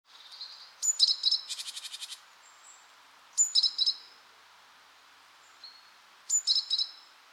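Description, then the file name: Great tit giving repeated call bouts, high sharp notes with a buzzy rattling churr, the bouts coming about every two to three seconds over soft background hiss. "Parus major"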